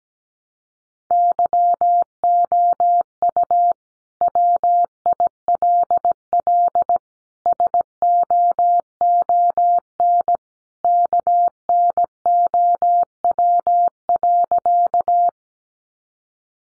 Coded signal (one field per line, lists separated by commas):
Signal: Morse code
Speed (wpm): 17 wpm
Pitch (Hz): 700 Hz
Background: none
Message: YOU WILL SOON KNOW.